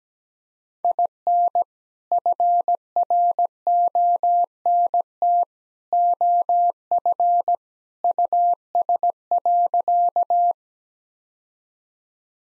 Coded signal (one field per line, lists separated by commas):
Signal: Morse code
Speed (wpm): 17 wpm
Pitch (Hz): 700 Hz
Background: none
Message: IN FRONT OF US.